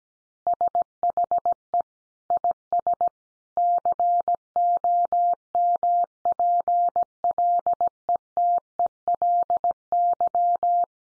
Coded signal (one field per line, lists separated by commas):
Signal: Morse code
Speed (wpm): 17 wpm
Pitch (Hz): 700 Hz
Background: none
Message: SHE IS COMPLETELY